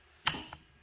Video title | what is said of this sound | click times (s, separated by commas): Tutorial XPS HSK Spindle Clamp Set Maintenance Kit | just firmly press it in you should hear a click and your fingers and castle spring assembly are now reinstalled into the bottom of your spindle | 0.3 s